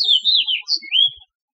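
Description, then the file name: House finch singing a brief, bright warbled phrase of descending and then rising slurred notes. House finch song recorded in Tigard, Oregon. "house finch song 02-Tigard"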